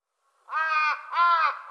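Bird call: two rasping, strongly harmonic caws in quick succession after a short silence, the second slightly louder and ending abruptly.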